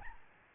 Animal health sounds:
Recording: mosquito wingbeat signal from an infrared sensor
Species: Aedes albopictus

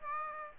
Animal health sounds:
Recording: mosquito wingbeat signal from an infrared sensor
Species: Aedes aegypti

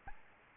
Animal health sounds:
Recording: mosquito wingbeat signal from an infrared sensor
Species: Aedes albopictus

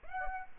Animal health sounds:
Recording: mosquito wingbeat signal from an infrared sensor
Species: Aedes aegypti

